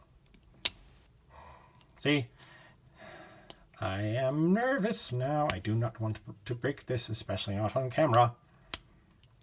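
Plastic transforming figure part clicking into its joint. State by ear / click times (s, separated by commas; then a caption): seated / 8.7 s. A part of a plastic Generations Selects Deluxe Class Powerdasher Zetar transforming action figure is pushed during transformation until it clicks into its joint. Someone talks nervously about not wanting to break it, then a sharp click comes at 8.7 s. The part is seated and the figure is fine.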